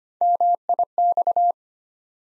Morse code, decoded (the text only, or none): MIX